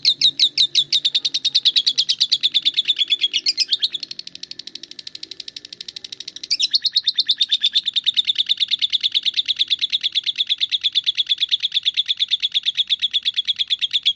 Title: Kicau Kacer